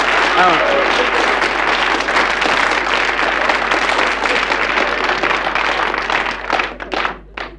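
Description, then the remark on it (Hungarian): A crowd applauds steadily, a loud, dense wash of many hands clapping, with a brief voice near the start, before the clapping thins out into a few scattered claps and stops. “Mondom, kettő a taps.”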